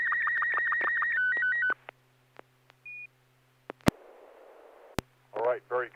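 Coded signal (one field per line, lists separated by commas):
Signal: SSTV (slow-scan television)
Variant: Robot 36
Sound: warbling tone near 1.9 kHz with regular clicks, ending in stepped tones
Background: FM squelch noise, brief speech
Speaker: good. A quick robot 36. Um, you still get pixel pops, but there's not as many as we've seen in previous transmissions.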